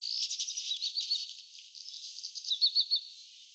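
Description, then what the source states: Bird twittering, rapid jumbled high chirps followed by a tidy run of four sharp repeated notes near the end. Recorded 3 May 2024, between about 14:27 and 14:31.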